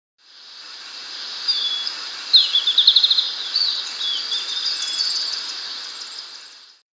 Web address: Natures Songs S America Birds of Ecuador Golden-faced Tyrannulet (possible unnamed taxon)